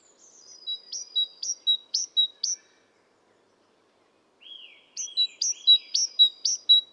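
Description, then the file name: Great tit calling in high, ringing two-part notes repeated rapidly. A burst of notes is followed by a pause of nearly two seconds, then faint slurred notes and a louder run. "Parus major"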